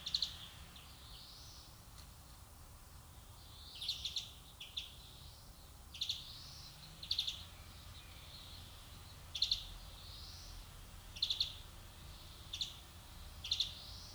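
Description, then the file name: European greenfinch calling, with short clusters of high ticking notes at irregular intervals and softer, blurred notes between them, over faint low background noise. "Chloris chloris"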